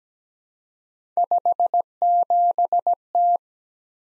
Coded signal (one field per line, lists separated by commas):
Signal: Morse code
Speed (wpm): 17 wpm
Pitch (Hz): 700 Hz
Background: none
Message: 57T